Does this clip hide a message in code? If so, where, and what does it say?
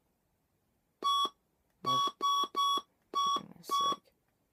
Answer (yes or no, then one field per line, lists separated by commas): no